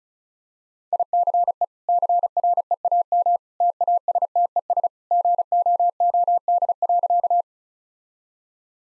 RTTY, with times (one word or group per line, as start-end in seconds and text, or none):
none